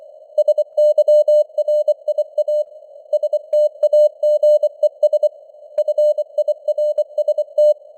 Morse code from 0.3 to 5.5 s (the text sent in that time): SYRIA STAGES